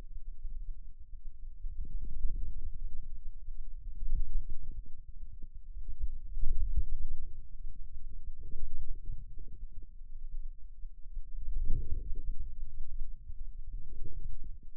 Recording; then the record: forearm muscle sounds (acoustic myography)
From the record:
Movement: inward rotation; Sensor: system 2, bracelet of six BSWA MPA416 microphones around the upper forearm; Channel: 5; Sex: male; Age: 22 years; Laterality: right